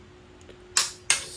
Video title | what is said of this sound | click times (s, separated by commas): Honda TypeR B16b Stroker Build Series Part 6 Bottom-end Final Assembly | Sir, you can hear the clicking sound is a lot louder, right? | 0.8 s, 1.1 s